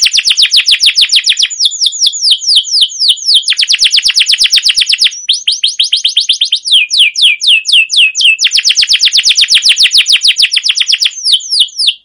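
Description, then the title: Canary song: long unbroken rolling trills of rapid high notes, several phrases with changing speed and pitch, with barely any pauses across twelve seconds. Canary long rolling trilled song ('ngerol', 'gacor'), used as a tutor song to lure other canaries to sing. "CUIT CUIT NGEROL LANGSUNG GACOR PANJANG Kenari Ini AMPUH Utk Pancingan KENAR. Masteran Suara Burung Kenari Gacor Panjang cuit cuit Ngerol untuk Pancingan Kenari!"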